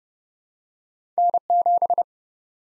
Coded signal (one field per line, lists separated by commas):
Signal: Morse code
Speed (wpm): 30 wpm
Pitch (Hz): 700 Hz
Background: none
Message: N7